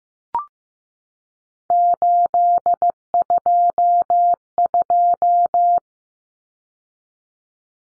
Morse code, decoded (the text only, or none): 822